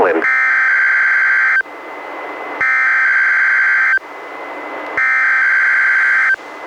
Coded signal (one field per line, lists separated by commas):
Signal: Emergency Alert System (SAME) tones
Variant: header bursts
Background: speech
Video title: EAS #367-372: 6 NWR Required Weekly Tests- Jan. 22-Feb. 26, 2020